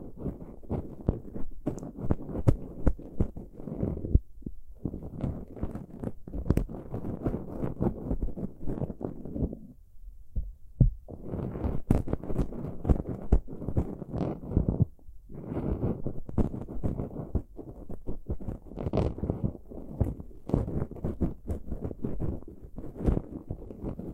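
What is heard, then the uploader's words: Ear picking sounds, a dense run of scratchy, crackling scrapes and soft thuds in rapid bursts. Low muffled rubbing fills most of the clip, broken by brief near-silent pauses around 4, 10 and 15 seconds, with sharp clicks scattered throughout. Pure ear picking, heartbeat simulation.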